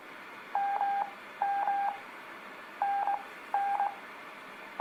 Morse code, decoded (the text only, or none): MM NN